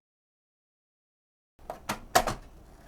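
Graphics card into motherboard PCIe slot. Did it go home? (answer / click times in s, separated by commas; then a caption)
yes / 2.2 s. A graphics card is pressed into the motherboard PCIe slot until the retention latch snaps. After about 1.6 seconds of silence, a few light knocks at 1.7 and 1.9 seconds lead to a sharp snap at 2.2 seconds, confirming the card is seated.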